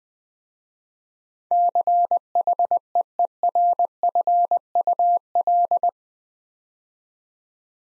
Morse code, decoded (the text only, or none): CHEERFUL